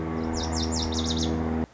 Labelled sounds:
Lazuli Bunting (Passerina amoena)
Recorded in Sonoma County, California

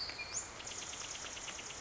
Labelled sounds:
Western Flycatcher (Empidonax difficilis)
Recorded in Sonoma County, California

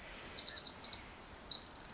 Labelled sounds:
Pacific Wren (Troglodytes pacificus)
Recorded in Sonoma County, California

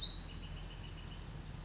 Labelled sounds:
Bewick's Wren (Thryomanes bewickii)
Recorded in Sonoma County, California

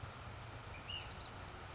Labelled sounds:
Ash-throated Flycatcher (Myiarchus cinerascens)
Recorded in Sonoma County, California

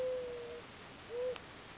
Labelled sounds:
Mourning Dove (Zenaida macroura)
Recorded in Sonoma County, California

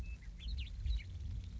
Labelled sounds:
Western Meadowlark (Sturnella neglecta)
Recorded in Sonoma County, California

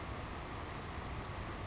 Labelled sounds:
Savannah Sparrow (Passerculus sandwichensis)
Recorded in Sonoma County, California

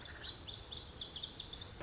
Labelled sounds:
Lazuli Bunting (Passerina amoena)
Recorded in Sonoma County, California

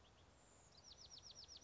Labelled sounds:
Bewick's Wren (Thryomanes bewickii)
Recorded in Sonoma County, California

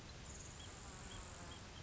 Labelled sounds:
Grasshopper Sparrow (Ammodramus savannarum)
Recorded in Sonoma County, California

